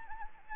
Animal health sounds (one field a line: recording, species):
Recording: mosquito wingbeat signal from an infrared sensor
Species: Anopheles gambiae